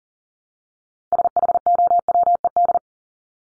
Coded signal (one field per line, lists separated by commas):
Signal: Morse code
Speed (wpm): 40 wpm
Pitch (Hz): 700 Hz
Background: none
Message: SHOWED